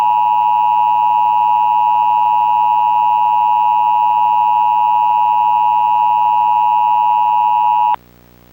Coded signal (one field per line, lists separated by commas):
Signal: Emergency Alert System (SAME) tones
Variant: 853 and 960 Hz attention tone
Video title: (VALID TONES) EAS Recreation Mock - Don't Become A Statistic! (09/26/2004)